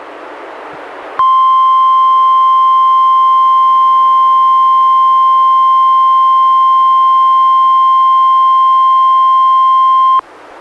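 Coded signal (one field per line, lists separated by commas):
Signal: Emergency Alert System (SAME) tones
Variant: 1050 Hz attention tone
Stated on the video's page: NOAA Weather Radio required weekly tests from NWS, relayed by NWR station, recorded from a Reecom R-1630 weather radio through a Zoom H1 recorder.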